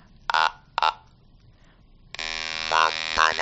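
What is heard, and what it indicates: Two brief buzzes, then a steady mechanical buzz whose pitch rises and falls rather than holding a constant tone: an electrolarynx in intonation mode, practicing a melody.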